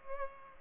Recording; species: mosquito wingbeat signal from an infrared sensor; Culex pipiens